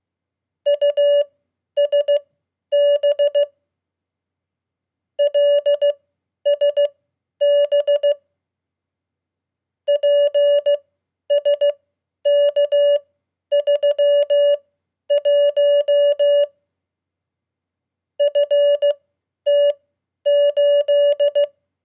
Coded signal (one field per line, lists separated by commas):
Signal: Morse code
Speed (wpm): 16 wpm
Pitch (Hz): 580 Hz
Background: none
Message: USB LSB PSK31 FT8